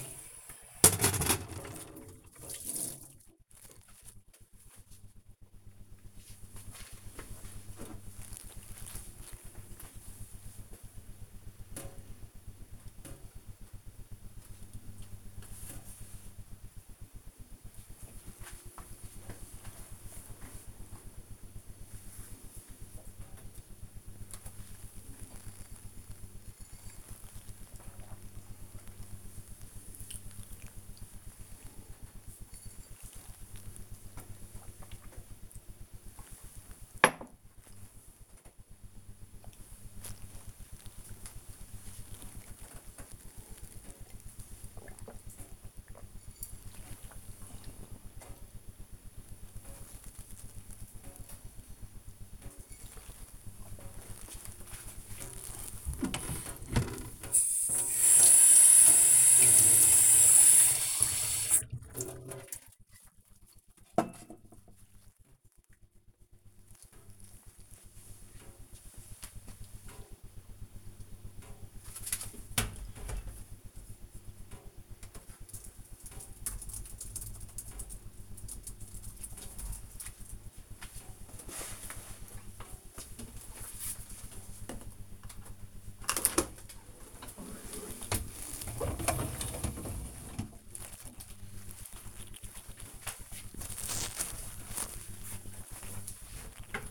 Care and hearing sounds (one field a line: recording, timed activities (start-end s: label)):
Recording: household activities, microphone on the right wrist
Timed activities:
0.00-1.73 s: washing dishes
23.93-54.16 s: drinking
84.39-96.91 s: cleaning out the dishwasher